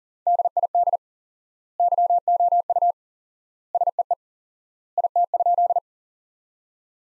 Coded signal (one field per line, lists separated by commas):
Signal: Morse code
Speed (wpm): 37 wpm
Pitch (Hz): 700 Hz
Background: none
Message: DID YOU SEE IT?